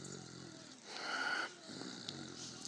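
A single rough, airy snore from a dog sleeping soundly, not waking, with faint low rumbling breaths before and after.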